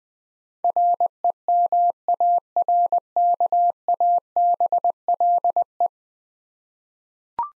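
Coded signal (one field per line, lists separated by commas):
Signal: Morse code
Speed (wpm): 20 wpm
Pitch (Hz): 700 Hz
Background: none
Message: REMARKABLE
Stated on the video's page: Head-copy drill of ten-letter words at 20 wpm; each word is sent, then spoken, then sent again.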